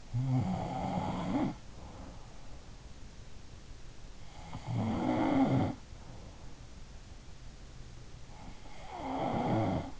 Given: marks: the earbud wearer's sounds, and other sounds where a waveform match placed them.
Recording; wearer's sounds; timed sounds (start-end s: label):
sounds in sleep by an in-ear microphone; snoring breath
0.00-2.83 s: snoring breath
4.11-6.80 s: sound from someone else or the room
8.34-10.00 s: sound from someone else or the room